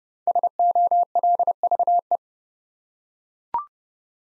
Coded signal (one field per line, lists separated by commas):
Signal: Morse code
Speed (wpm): 30 wpm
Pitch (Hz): 700 Hz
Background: none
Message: SOLVE